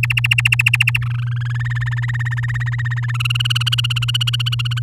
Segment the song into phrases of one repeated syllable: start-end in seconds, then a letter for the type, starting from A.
0.03-0.98 A, 1.01-1.52 B, 1.54-3.12 C, 3.14-4.79 D